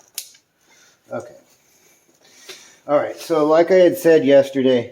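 On a VW Golf Alltrack during a water pump replacement, a plastic coolant hose quick-connect fitting, turned around after seeming to be on backwards, is pushed onto the water pump outlet and seats with a sharp snap at 0.2 s. It is locked in and will not come out, even without its gray locking clip. Afterward someone talks.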